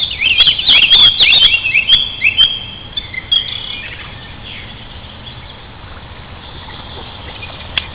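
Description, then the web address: Sparrows giving a rapid flurry of bright chirps over the first few seconds, fading to occasional faint notes and near quiet. "moineaux oiseaux"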